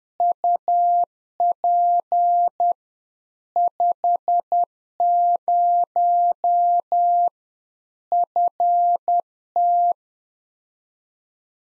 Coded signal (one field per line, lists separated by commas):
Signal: Morse code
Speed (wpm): 10 wpm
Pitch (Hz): 700 Hz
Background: none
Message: UP 50 FT